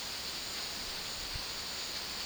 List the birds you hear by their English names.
none